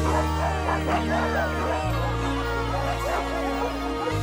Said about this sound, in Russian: Крулик удивленно прислушивается к лаю собак.